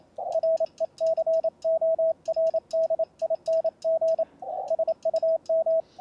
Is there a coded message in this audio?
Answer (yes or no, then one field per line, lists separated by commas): yes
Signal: Morse code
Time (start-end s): 0.3-5.8 s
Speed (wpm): 27 wpm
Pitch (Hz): 660 Hz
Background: radio noise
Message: RECORDING SUM